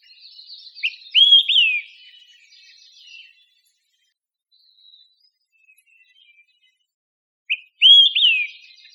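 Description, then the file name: Olive-sided flycatcher calls: a quick burst of sharp, slurred high notes early on and again near the end, with faint twittering in between. Recorded in Costa Rica. "CR OSFL"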